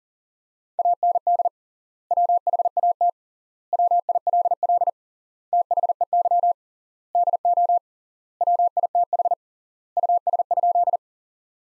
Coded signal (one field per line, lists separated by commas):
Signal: Morse code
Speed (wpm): 40 wpm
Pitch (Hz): 700 Hz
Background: none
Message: AND WHAT WILL THEY DO WITH US?